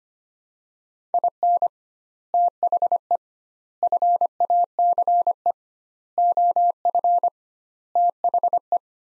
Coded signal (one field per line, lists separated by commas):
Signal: Morse code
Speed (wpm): 25 wpm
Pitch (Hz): 700 Hz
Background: none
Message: IN THE FACE OF THE